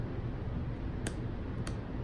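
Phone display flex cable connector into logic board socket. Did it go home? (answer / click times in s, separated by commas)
yes / 1.1 s, 1.7 s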